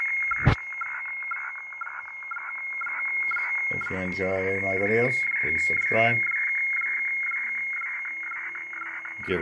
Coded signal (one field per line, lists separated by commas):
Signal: weather fax (radiofax)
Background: speech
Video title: Decoding Boston, MA weather fax using XHDATA D808 and HF Weather fax app on Android tablet